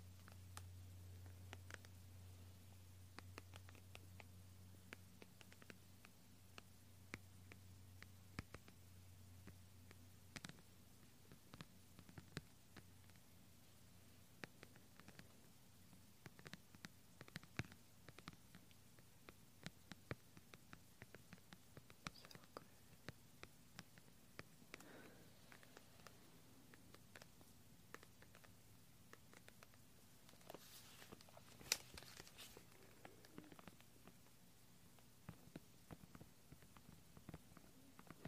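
Soft handling sounds: quiet, scattered clicks and small sticky ticks arrive irregularly throughout, a few sharper ones standing out near 22 and 32 seconds. A low steady hum sits underneath, stronger in the first ten seconds before easing off.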